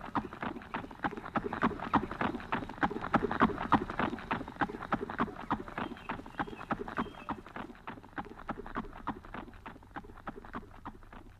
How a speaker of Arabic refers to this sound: طير يا حصان طيران.